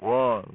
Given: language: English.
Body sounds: throat vibration sensor signal played as sound; speech

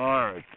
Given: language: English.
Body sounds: throat vibration sensor signal played as sound; speech

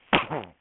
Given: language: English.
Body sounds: throat vibration sensor signal played as sound; cough

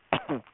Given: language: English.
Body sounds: throat vibration sensor signal played as sound; cough

